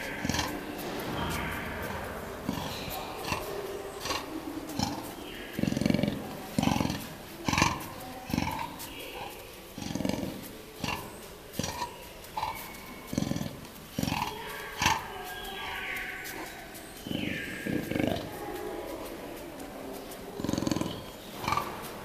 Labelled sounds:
Leopard
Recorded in captivity
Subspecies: orientalis
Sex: female
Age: adult
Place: Tierpark Berlin, Berlin, DE
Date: 1997-01-12 12:17
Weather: wolkig bis heiter, -5°C
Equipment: Nagra SN, Kopie Uher 4000 Report Monitor
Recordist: Tembrock, Günter

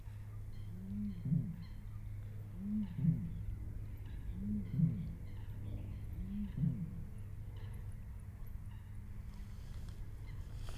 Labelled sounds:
Great Bittern
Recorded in the wild
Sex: male
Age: adult
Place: Kützerhof, Kummerower See, Mecklenburg-Vorpommern, DE
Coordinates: 53.8386, 12.8728
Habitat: lake
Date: 2008-04-29 21:19
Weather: bedeckt, 15°C, schwacher Wind aus West
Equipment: Sound Devices 702, Sennheiser MKH 70, Windkorb
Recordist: Frommolt, Karl-Heinz
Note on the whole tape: Nordwestufer des Kummerower Sees: 3 Rufreihen einer Rohrdommel im Schilfgürtel des Sees vom Damm aus aufgenommen. See ist durch Weidengebüsch abgeschirmt. Tier nicht gesehen. Pausen geschnitten. Entfernung ca

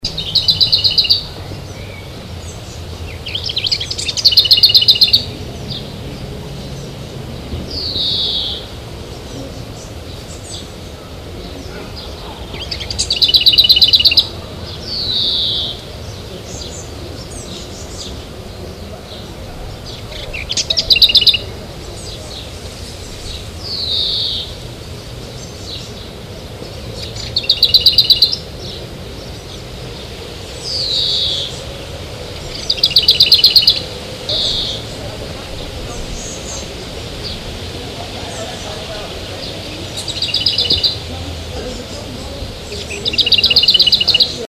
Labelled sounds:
Lesser Whitethroat song
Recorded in the wild
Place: Fröndenberg/ Ruhr, Nordrhein-Westfalen, DE
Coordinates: 51.47, 7.77
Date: 1985-06-17
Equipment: Sony WM-D6C, Big Ear
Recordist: Skiba, Reinald

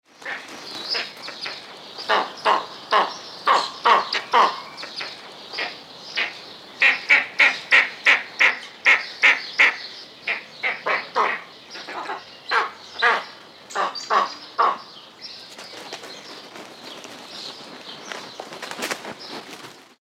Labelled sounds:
Eastern Imperial Eagle
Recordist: Tembrock, Günter
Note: Rufe eines Paares auf dem Horst

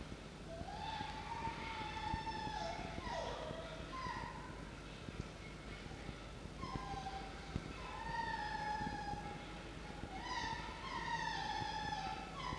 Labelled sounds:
Red Fox
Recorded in captivity
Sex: diverse
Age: diverse
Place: Zoologisches Institut der HUB, Berlin, DE
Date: 1952-09-17 16:00
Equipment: Elmetra
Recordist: Tembrock, Günter

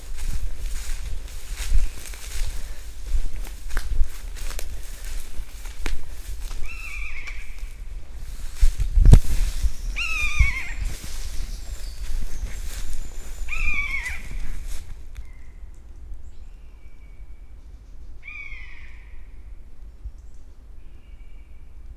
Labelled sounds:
Common Buzzard call
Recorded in the wild
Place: Niederspree, Niederspreer Teichgebiet, Sachsen, DE
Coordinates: 51.4119, 14.8739
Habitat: coniferous forest
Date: 2008-07-30
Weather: heiter, 20°C, fast windstill
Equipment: Fostex FR2-LE, Sennheiser ME66, Popschutz
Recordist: Frommolt, Karl-Heinz

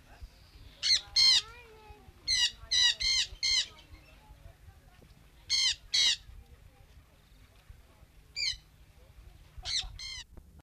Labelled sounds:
Sun Parakeet call
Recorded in captivity
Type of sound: call
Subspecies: aurifrons
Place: Vogelpark Walsrode, Niedersachsen, DE
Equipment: Halbspur, 9,5 cm/s
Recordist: Lütgens, Hans
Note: Rufe

